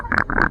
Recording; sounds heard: poultry house recording; sick chickens (respiratory disease)